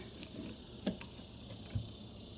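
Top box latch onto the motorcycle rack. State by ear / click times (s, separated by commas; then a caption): not seated / none. The locking latch of a top box on a motorcycle rack is handled as it is being re-engaged, with light ticks, small rattles and a soft low thump over a steady background hiss. Nothing has seated or clicked home yet.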